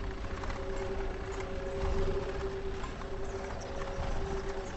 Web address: audio monitor GRKO 20090706 1300 horse wagon